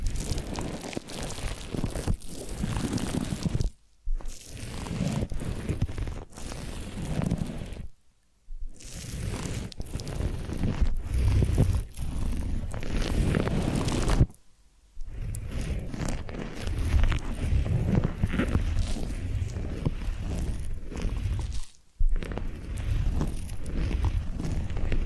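Massage and ear cleaning sounds: a dense, steady run of rubbing, rustling and crackling, heaviest in the low and middle range with fine crisp detail on top. The texture stops for brief silences near 4, 8, 14 and 22 seconds, then resumes at the same level.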